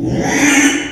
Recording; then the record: squeal of a Yucatan mini pig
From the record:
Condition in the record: after surgery on the right vocal fold (resection and tissue-engineered implant); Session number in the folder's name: 3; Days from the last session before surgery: 33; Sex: male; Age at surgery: 12 weeks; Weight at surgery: 13 kg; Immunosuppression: cyclosporine, prednisolone